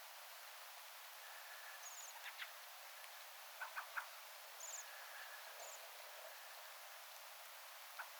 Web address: paivat 17 12 2024 tilhiparven rauhallista aantelya saaressa